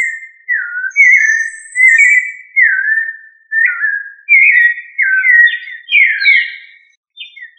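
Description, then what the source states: Thrush song: a run of clear whistled phrases, each sliding downward, sung in quick succession with short gaps and a few higher thin notes near the end. Family Turdidae; local name sabiá.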